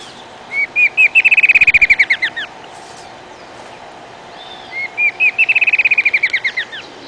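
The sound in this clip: Bird repeating a high trill twice, separate notes speeding into quick downslurred chirps that then slow.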